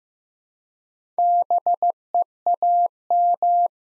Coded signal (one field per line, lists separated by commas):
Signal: Morse code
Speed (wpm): 15 wpm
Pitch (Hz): 700 Hz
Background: none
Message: BEAM